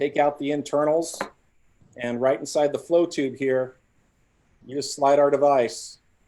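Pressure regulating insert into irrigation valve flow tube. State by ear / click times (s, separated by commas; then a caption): not seated / none. Someone talks while handling a pressure-regulating insert being slid into the flow tube of an irrigation valve after the internals have been taken out. Only speech is heard, with no other distinct sounds. The insert has not seated or clicked into place yet.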